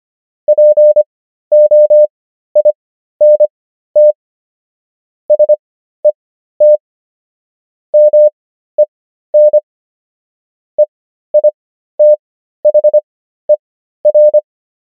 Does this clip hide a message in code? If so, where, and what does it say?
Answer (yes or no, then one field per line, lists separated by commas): yes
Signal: Morse code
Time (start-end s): 0.5-14.4 s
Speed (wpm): 25 wpm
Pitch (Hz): 600 Hz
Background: none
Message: POINT SET MEN EITHER